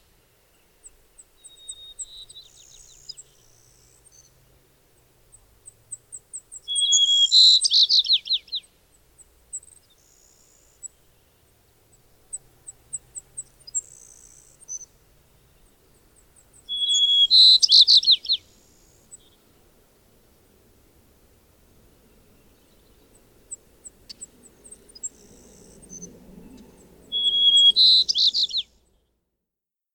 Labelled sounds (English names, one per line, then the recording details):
White-crowned Sparrow song
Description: White-crowned Sparrow song recorded in Moraine Park in Rocky Mountain National Park
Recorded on 22 June 2015